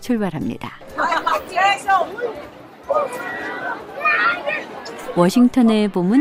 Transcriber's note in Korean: 관광객 소음